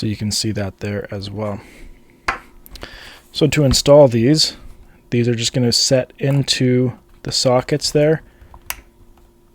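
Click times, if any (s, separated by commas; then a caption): 8.7 s. A plastic prescription-lens adapter frame is pressed into the lens sockets of a Meta Quest 3 VR headset while someone talks. After a few soft taps, a sharp click at 8.7 s marks the frame snapping into the sockets, and it is seated.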